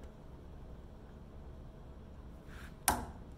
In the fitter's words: that click right there means i'm at 25 foot pounds of force